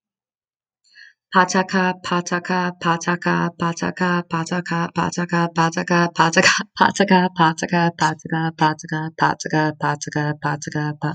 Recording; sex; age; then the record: repeated syllables /pa ta ka/; female; 30 to 39 years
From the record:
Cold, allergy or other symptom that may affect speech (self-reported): no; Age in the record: 32 years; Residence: New York, United States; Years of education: 16